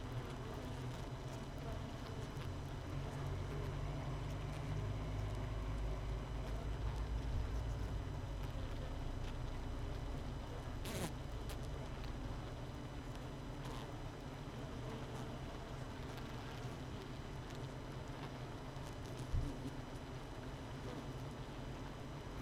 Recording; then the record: honeybee colony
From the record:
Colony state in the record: missing queen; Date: 31 May 2018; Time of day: 7:13